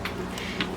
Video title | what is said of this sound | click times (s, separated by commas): Post Review of Illuminate - Mary's Diamonds **PRE BELLA ART DE NICOLE** - *Released From The Vault* | You can hear them kind of click into place a little bit there. | 0.1 s, 0.6 s